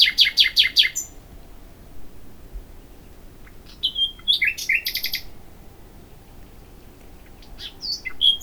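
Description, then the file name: Common nightingale song starting with fast repeated churring notes, then varied sharp phrases separated by short pauses. "Luscinia megarhynchos"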